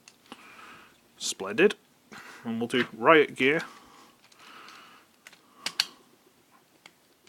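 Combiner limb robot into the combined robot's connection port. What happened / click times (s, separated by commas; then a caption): Plastic part handled, not yet seated / none. A second plastic toy combiner robot is handled and lined up with its limb connection port on the combined robot while someone talks. Light plastic taps and rattles come at the start and again around 5.3–6.9 s, the sharpest near 5.8 s. Nothing has seated or clicked into the port yet.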